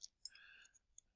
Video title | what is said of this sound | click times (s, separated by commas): FRU Teardown | you can hear the little click when it just runs out of the tread yeah | 0.2 s